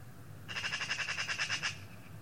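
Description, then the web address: Eurasian magpie chattering: a fast, dry, rasping series of about twelve notes in just over a second, with a faint low hum underneath. "cianscape birddata Deverinetal 2025"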